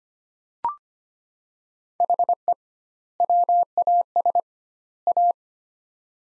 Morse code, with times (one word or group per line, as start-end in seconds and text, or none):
2.0-2.5 HE
3.2-4.4 WAS
5.1-5.3 A